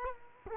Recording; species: mosquito wingbeat signal from an infrared sensor; Culex quinquefasciatus